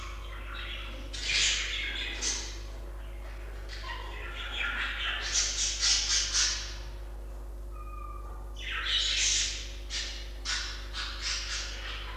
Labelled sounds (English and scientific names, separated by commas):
Budgerigar (Melopsittacus undulatus) call